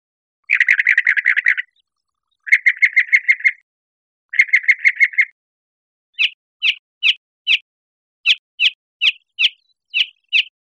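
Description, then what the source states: Northern mockingbird song: bursts of rapid chattering notes repeated in short phrases, then a run of clear, separate sweeping chirps. Recorded 1 October 2003.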